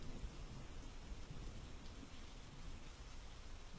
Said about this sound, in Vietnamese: Ở bên ngoài tiếng người đã dứt, mưa vẫn cứ dội ầm ầm lên mái tôn.